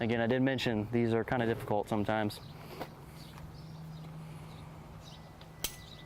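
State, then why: Seated. Someone talks briefly, then over a steady low hum a further fire hose section's Storz coupling, after some difficulty, is joined to its mating Storz coupling and twisted home, with faint taps along the way. A sharp click at 5.6 s marks the coupling locking, confirmed seated and good.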